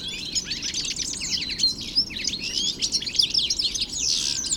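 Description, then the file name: European goldfinch song: dense, continuous high twittering of quick buzzy and tinkling notes throughout. 3 February 2015, Hofgarten park, Landshut. "Stieglitz 03 02 2015 Landshut Hofgarten Susanne Rieck"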